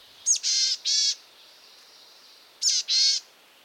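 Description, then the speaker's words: Boreal Chickadee call: two phrases, each a thin sharp opening note followed by two wheezy, nasal, buzzy notes, with a quiet hiss of background noise. Found in dense spruce forests of Canada. "listen in the dense spruce forests of Canada for the call of the boreal chickadee."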